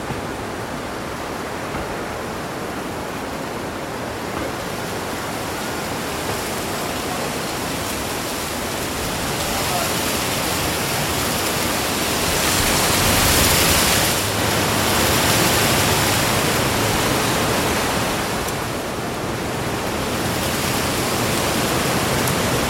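A summer breeze rustles through leaves as a dense, continuous hiss. It holds steady at first and then swells around the middle and again near the end, with a brighter, airier sound during the gusts. No distinct bird calls stand out from the rustling.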